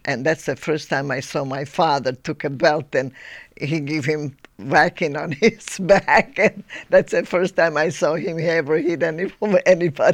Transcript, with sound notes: And that's the first time I saw my father took a belt and he give him whacking on his back (she laughs) and that's the first time I saw him ever hit anyone, anybody.